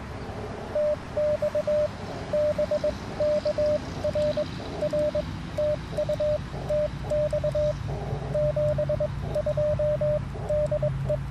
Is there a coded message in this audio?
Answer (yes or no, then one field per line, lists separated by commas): yes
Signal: Morse code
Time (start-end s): 0.8-11.2 s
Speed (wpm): 22 wpm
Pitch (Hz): 590 Hz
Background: radio noise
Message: TX BK R R TU TX 72 DE